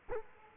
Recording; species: mosquito wingbeat signal from an infrared sensor; Culex quinquefasciatus